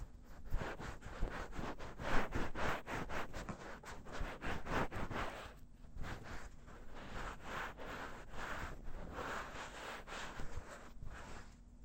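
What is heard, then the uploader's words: An ear massage with lotion: soft, wet rubbing and squishing sounds in quick, irregular strokes, with sharper slick pops now and then, strongest in the first half. After about six seconds the rubbing turns gentler and steadier, with a faint low hum underneath throughout. ASMR×KU100 | 乳液耳朵按摩 | Ear Massage | NO Talking.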